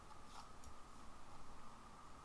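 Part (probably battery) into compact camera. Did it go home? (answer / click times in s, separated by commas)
no / none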